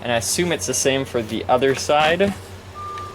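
Someone talks while handling the plastic hind leg of a Mattel The Lost World Jurassic Park Mamenchisaurus dinosaur action figure, moving it through its ratcheting hip joint, which locks into certain positions. A steady tone is audible near the end. The leg has not yet ratcheted into its locked position, and nothing has clicked yet.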